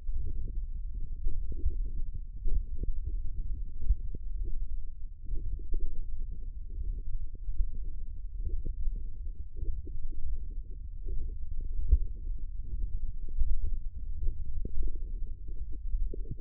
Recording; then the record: forearm muscle sounds (acoustic myography)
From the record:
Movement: thumb flexion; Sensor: system 1, eight BSWA MPA416 microphones around the upper forearm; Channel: 6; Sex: female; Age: 22 years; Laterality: right